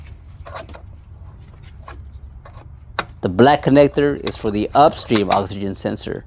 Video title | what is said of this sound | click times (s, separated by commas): Audi A4 Front Exhaust Removal / Re-Install (1.8T Quattro) | Gently pull back on their tabs until you hear a click to disconnect. | 3.0 s